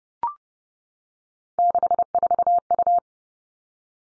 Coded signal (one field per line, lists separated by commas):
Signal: Morse code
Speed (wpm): 30 wpm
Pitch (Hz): 700 Hz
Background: none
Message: 64U